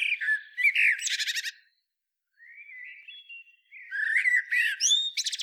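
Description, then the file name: Common blackbird song in two phrases: rich warbled whistles with high chattering squeaks, a pause, a quiet rising whistle, then another fluty phrase ending in shrill twitters. "Turdus merula"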